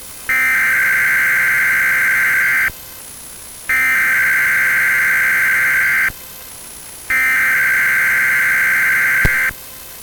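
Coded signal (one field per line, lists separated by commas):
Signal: Emergency Alert System (SAME) tones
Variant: header bursts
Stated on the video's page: Weatheradio Canada broadcast of a Severe Thunderstorm Watch from the Saskatoon transmitter on 162.550 MHz.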